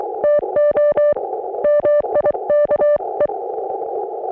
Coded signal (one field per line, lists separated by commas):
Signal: Morse code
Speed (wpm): 22 wpm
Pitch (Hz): 560 Hz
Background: none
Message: TO MIKE